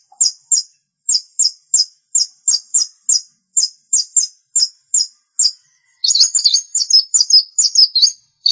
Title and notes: Suara burung pentet